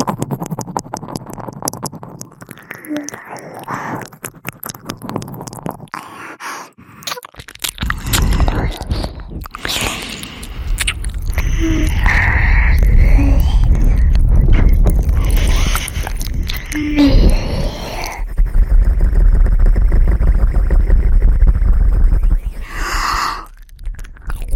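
Ear eating sounds with wet, crackly mouth clicks and smacks, dense and irregular throughout. The first seven seconds are quieter and thinner, then a heavier low rumble joins from about eight seconds on, with louder moist bursts around 10, 13, 17 and 22 seconds.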